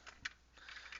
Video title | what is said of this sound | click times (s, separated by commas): Toy Unboxening: HasLab Deathsaurus | Yeah, okay. So yeah, you will get this in, you will hear a click when it goes in there. | 0.3 s